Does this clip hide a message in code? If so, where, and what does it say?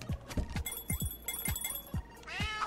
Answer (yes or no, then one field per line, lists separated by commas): no